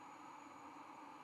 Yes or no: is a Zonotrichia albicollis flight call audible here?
no